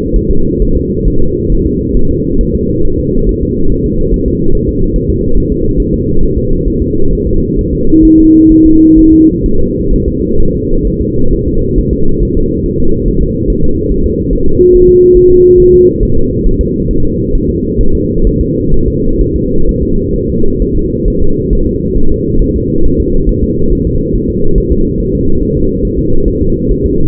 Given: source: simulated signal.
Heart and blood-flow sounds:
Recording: fetal heart sounds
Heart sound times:
0.16 s: S1
0.31 s: S2
0.62 s: S1
0.77 s: S2
1.07 s: S1
1.22 s: S2
1.52 s: S1
1.66 s: S2
1.97 s: S1
2.11 s: S2
2.41 s: S1
2.55 s: S2
2.85 s: S1
3.00 s: S2
3.29 s: S1
3.43 s: S2
3.72 s: S1
3.86 s: S2
4.14 s: S1
4.28 s: S2
4.55 s: S1
4.69 s: S2
4.96 s: S1
5.10 s: S2
5.38 s: S1
5.52 s: S2
5.80 s: S1
5.94 s: S2
6.23 s: S1
6.38 s: S2
6.68 s: S1
6.82 s: S2
7.13 s: S1
7.27 s: S2
7.59 s: S1
7.73 s: S2
8.05 s: S1
8.19 s: S2
8.52 s: S1
8.66 s: S2
8.99 s: S1
9.13 s: S2
9.46 s: S1
9.60 s: S2
9.93 s: S1
10.08 s: S2
10.41 s: S1
10.55 s: S2
10.87 s: S1
11.02 s: S2
11.33 s: S1
11.48 s: S2
11.78 s: S1
11.93 s: S2
12.23 s: S1
12.37 s: S2
12.66 s: S1
12.80 s: S2
13.08 s: S1
13.23 s: S2
13.50 s: S1
13.64 s: S2
13.91 s: S1
14.06 s: S2
14.33 s: S1
14.47 s: S2
14.75 s: S1
14.89 s: S2
15.17 s: S1
15.31 s: S2
15.60 s: S1
15.74 s: S2
16.03 s: S1
16.17 s: S2
16.47 s: S1
16.61 s: S2
16.91 s: S1
17.05 s: S2
17.35 s: S1
17.50 s: S2
17.81 s: S1
17.95 s: S2
18.27 s: S1
18.41 s: S2
18.74 s: S1
18.88 s: S2
19.21 s: S1
19.36 s: S2
19.69 s: S1
19.83 s: S2
20.16 s: S1
20.30 s: S2
20.62 s: S1
20.76 s: S2
21.08 s: S1
21.22 s: S2
21.53 s: S1
21.67 s: S2
21.97 s: S1
22.12 s: S2
22.42 s: S1
22.56 s: S2
22.85 s: S1
23.00 s: S2
23.29 s: S1
23.44 s: S2
23.72 s: S1
23.87 s: S2
24.15 s: S1
24.30 s: S2
24.58 s: S1
24.72 s: S2
25.00 s: S1
25.15 s: S2
25.42 s: S1
25.57 s: S2
25.85 s: S1
25.99 s: S2
26.28 s: S1
26.42 s: S2
26.71 s: S1
26.86 s: S2
From the record:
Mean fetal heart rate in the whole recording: 135 bpm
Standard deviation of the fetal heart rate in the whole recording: 3 bpm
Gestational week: 36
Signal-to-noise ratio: -19.1 dB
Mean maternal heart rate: 72 bpm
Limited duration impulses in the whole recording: present

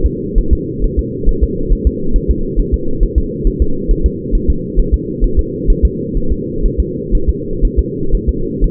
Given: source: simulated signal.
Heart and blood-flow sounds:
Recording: fetal heart sounds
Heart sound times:
0.06 s: S2
0.38 s: S1
0.53 s: S2
0.84 s: S1
0.99 s: S2
1.29 s: S1
1.44 s: S2
1.73 s: S1
1.87 s: S2
2.16 s: S1
2.31 s: S2
2.59 s: S1
2.74 s: S2
3.03 s: S1
3.18 s: S2
3.47 s: S1
3.62 s: S2
3.91 s: S1
4.06 s: S2
4.35 s: S1
4.50 s: S2
4.79 s: S1
4.94 s: S2
5.24 s: S1
5.39 s: S2
5.70 s: S1
5.85 s: S2
6.17 s: S1
6.32 s: S2
6.66 s: S1
6.80 s: S2
7.15 s: S1
7.30 s: S2
7.65 s: S1
7.79 s: S2
8.15 s: S1
8.29 s: S2
8.64 s: S1
From the record:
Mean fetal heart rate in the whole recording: 130 bpm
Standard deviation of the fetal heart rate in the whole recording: 4 bpm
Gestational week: 38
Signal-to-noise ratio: -8.1 dB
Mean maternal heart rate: 72 bpm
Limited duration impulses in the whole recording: absent

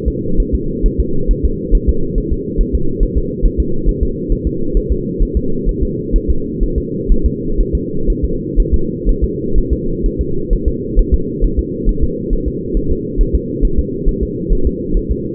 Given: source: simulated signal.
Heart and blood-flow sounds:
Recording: fetal heart sounds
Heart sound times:
0.08 s: S2
0.40 s: S1
0.55 s: S2
0.86 s: S1
1.00 s: S2
1.31 s: S1
1.45 s: S2
1.75 s: S1
1.89 s: S2
2.18 s: S1
2.33 s: S2
2.61 s: S1
2.75 s: S2
3.03 s: S1
3.18 s: S2
3.46 s: S1
3.60 s: S2
3.89 s: S1
4.03 s: S2
4.32 s: S1
4.47 s: S2
4.77 s: S1
4.92 s: S2
5.23 s: S1
5.37 s: S2
5.69 s: S1
5.83 s: S2
6.16 s: S1
6.30 s: S2
6.63 s: S1
6.78 s: S2
7.12 s: S1
7.26 s: S2
7.61 s: S1
7.75 s: S2
8.10 s: S1
8.25 s: S2
8.60 s: S1
8.74 s: S2
9.09 s: S1
9.24 s: S2
9.58 s: S1
9.73 s: S2
10.06 s: S1
10.21 s: S2
10.53 s: S1
10.68 s: S2
10.99 s: S1
11.14 s: S2
11.44 s: S1
11.59 s: S2
11.89 s: S1
12.04 s: S2
12.33 s: S1
12.48 s: S2
12.77 s: S1
12.92 s: S2
13.21 s: S1
13.35 s: S2
13.65 s: S1
13.79 s: S2
14.09 s: S1
14.23 s: S2
14.53 s: S1
14.67 s: S2
14.97 s: S1
15.11 s: S2
From the record:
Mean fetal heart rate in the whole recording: 130 bpm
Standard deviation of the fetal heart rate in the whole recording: 4 bpm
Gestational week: 38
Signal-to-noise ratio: -8.1 dB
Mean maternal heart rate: 72 bpm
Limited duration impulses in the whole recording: absent

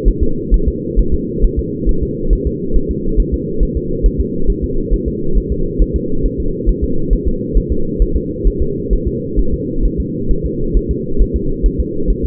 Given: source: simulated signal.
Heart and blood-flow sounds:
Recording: fetal heart sounds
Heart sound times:
0.08 s: S1
0.23 s: S2
0.54 s: S1
0.68 s: S2
1.00 s: S1
1.14 s: S2
1.44 s: S1
1.59 s: S2
1.89 s: S1
2.03 s: S2
2.33 s: S1
2.47 s: S2
2.76 s: S1
2.91 s: S2
3.20 s: S1
3.34 s: S2
3.63 s: S1
3.77 s: S2
4.06 s: S1
4.20 s: S2
4.50 s: S1
4.64 s: S2
4.94 s: S1
5.08 s: S2
5.38 s: S1
5.52 s: S2
5.82 s: S1
5.96 s: S2
6.25 s: S1
6.40 s: S2
6.69 s: S1
6.84 s: S2
7.13 s: S1
7.28 s: S2
7.57 s: S1
7.72 s: S2
8.02 s: S1
8.16 s: S2
8.47 s: S1
8.62 s: S2
8.93 s: S1
9.07 s: S2
9.39 s: S1
9.54 s: S2
9.85 s: S1
10.00 s: S2
10.31 s: S1
10.45 s: S2
10.77 s: S1
10.91 s: S2
11.21 s: S1
11.36 s: S2
11.66 s: S1
11.80 s: S2
12.10 s: S1
12.25 s: S2
From the record:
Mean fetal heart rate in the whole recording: 135 bpm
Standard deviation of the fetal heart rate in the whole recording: 3 bpm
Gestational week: 36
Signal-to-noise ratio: -8.1 dB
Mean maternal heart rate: 72 bpm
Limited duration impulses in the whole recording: absent

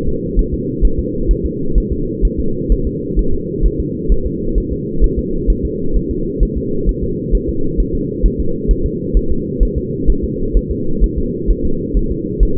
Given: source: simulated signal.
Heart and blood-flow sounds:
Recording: fetal heart sounds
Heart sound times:
0.08 s: S2
0.39 s: S1
0.54 s: S2
0.85 s: S1
0.99 s: S2
1.31 s: S1
1.46 s: S2
1.78 s: S1
1.92 s: S2
2.25 s: S1
2.40 s: S2
2.72 s: S1
2.87 s: S2
3.19 s: S1
3.34 s: S2
3.66 s: S1
3.80 s: S2
4.12 s: S1
4.26 s: S2
4.58 s: S1
4.73 s: S2
5.04 s: S1
5.19 s: S2
5.50 s: S1
5.65 s: S2
5.97 s: S1
6.11 s: S2
6.43 s: S1
6.57 s: S2
6.89 s: S1
7.04 s: S2
7.35 s: S1
7.49 s: S2
7.80 s: S1
7.95 s: S2
8.26 s: S1
8.40 s: S2
8.71 s: S1
8.86 s: S2
9.17 s: S1
9.32 s: S2
9.63 s: S1
9.78 s: S2
10.10 s: S1
10.24 s: S2
10.57 s: S1
10.71 s: S2
11.04 s: S1
11.18 s: S2
11.51 s: S1
11.65 s: S2
11.97 s: S1
12.12 s: S2
12.43 s: S1
12.58 s: S2
From the record:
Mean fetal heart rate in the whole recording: 130 bpm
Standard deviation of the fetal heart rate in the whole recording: 2 bpm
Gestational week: 36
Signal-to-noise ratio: -8.1 dB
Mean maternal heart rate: 72 bpm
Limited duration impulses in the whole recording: absent

